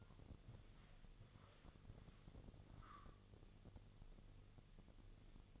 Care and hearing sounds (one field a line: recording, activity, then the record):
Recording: daily activity, microphone in the room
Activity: walk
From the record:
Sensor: 4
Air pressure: 1001.3 hPa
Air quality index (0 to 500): 174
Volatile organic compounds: 2 ppm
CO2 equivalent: 1247 ppm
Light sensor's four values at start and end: 14/33/13/14 and 14/33/13/14